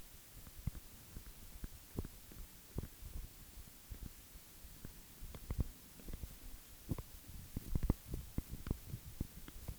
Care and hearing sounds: daily activity, guitar pickup as the sensor; run

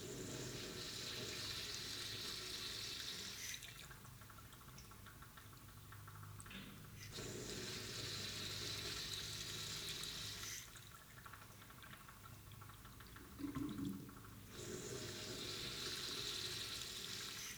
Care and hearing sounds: daily activity, guitar pickup as the sensor; flush

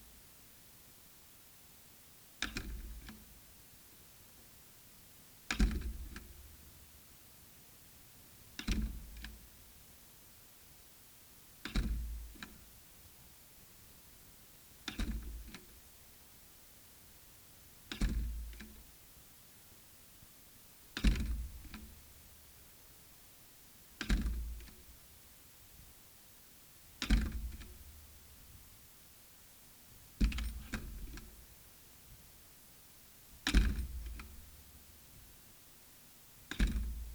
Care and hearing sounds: daily activity, guitar pickup as the sensor; manipulate door

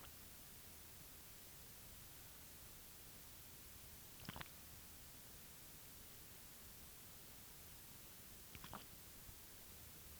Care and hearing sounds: daily activity, guitar pickup as the sensor; drink water

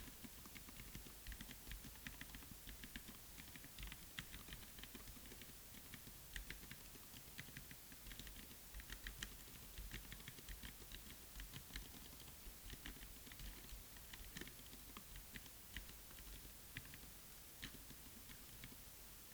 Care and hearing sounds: daily activity, guitar pickup as the sensor; type

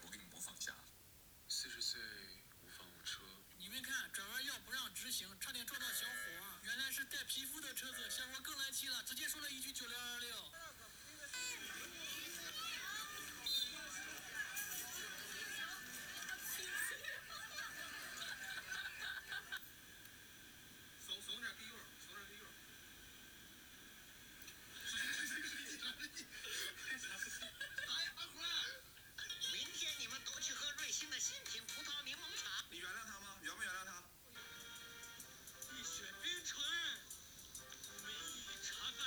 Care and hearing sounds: daily activity, guitar pickup as the sensor; browse video

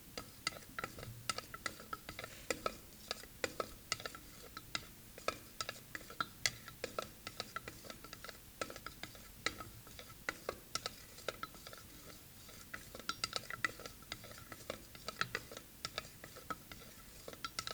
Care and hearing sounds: daily activity, guitar pickup as the sensor; fry

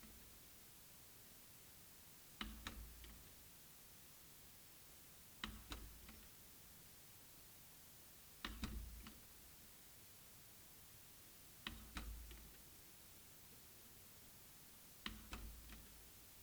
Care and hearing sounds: daily activity, guitar pickup as the sensor; manipulate door

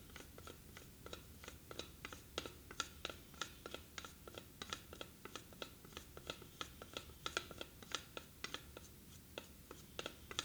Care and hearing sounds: daily activity, guitar pickup as the sensor; fry

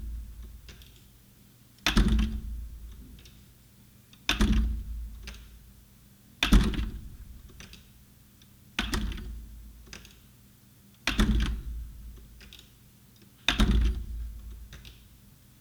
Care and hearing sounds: daily activity, guitar pickup as the sensor; manipulate door

